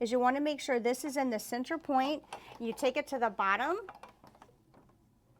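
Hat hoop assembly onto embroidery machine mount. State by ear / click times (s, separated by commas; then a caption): not seated / none. Someone talks while positioning a hat hoop assembly at the center point of the mount on a JUKI TAJIMA SAI embroidery machine, bringing it to the bottom. A few faint, brief handling ticks come around 4.3 to 4.4 s before the sound fades to quiet. Nothing has seated or clicked yet; the hoop is not yet snapped onto the mount.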